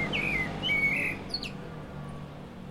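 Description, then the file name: Common blackbird's soft warbled whistles followed by a thin high squeak, over a steady low mechanical hum. "Turdus merula"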